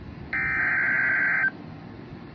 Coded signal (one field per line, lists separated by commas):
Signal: Emergency Alert System (SAME) tones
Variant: header bursts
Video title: EAS #26 - CONSIDERABLE Severe Thunderstorm Warning for Southern DFW (June 1, 2025)